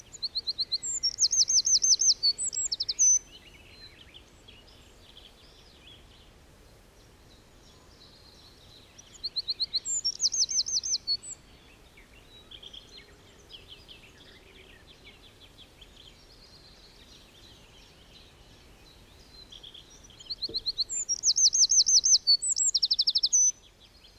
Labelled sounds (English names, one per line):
Eurasian Wren song